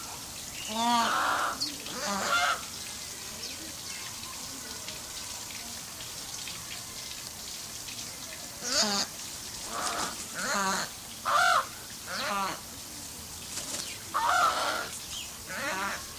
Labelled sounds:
African Spoonbill (Platalea alba) call
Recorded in captivity
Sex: diverse
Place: Zoo Leipzig, Sachsen, DE
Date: 2003-10-01 17:07
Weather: fair, 16°C
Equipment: Fair Mate ST-1328 (Asahi Electronics, Japan), Sennheiser ME 80, Kopie Uher 4000 Report Monitor
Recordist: Tembrock, Günter

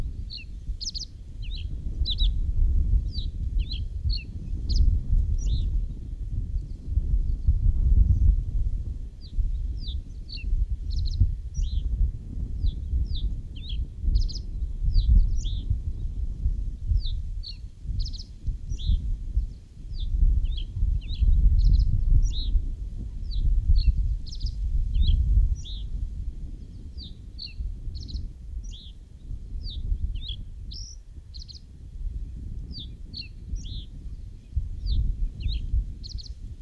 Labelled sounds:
Reed Bunting (Emberiza schoeniclus) song
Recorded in the wild
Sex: male
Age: adult
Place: Hüde, Niedersachsen, DE
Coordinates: 52.485, 8.32222
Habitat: moor, lake
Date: 1970-05-07
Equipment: Uher 4000 Report-S, Bändchenmikro Beyer M 260, Parabolspiegel Polyester (470 mm)
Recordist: Conrads, Klaus
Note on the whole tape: Naturpark Dümmer, NSG Ochsenmoor. Männchen (Dümmer 6): Gesang. Teilweise starke Windgeräusche

